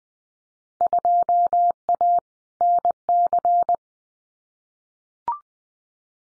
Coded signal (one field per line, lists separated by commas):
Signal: Morse code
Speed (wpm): 19 wpm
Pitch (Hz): 700 Hz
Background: none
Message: 2A NC